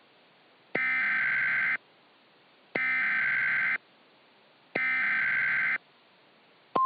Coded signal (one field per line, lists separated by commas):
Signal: Emergency Alert System (SAME) tones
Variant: header bursts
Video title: Hawaii Hurricane (EAS Scenario)